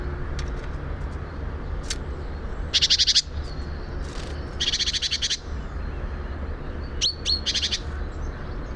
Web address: SETE Parus major